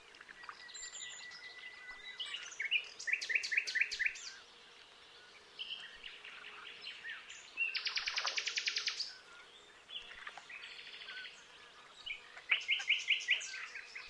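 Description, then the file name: Common nightingale song: varied phrases of chirps, rattles and fast trills separated by short pauses, over a constant background hiss. "Luscinia megarhynchos"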